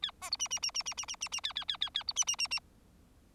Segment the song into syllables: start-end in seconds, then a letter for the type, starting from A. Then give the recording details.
0.02-0.11 A, 0.21-0.30 B, 0.31-0.36 C, 0.39-0.48 D, 0.50-0.59 D, 0.62-0.71 D, 0.74-0.83 D, 0.85-0.94 D, 0.97-1.05 D, 1.08-1.16 D, 1.21-1.28 D, 1.32-1.41 D, 1.43-1.53 A, 1.55-1.65 A, 1.68-1.77 A, 1.81-1.89 A, 1.94-2.03 A, 2.07-2.13 C, 2.16-2.25 D, 2.27-2.36 D, 2.38-2.48 D, 2.50-2.60 D. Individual Bird4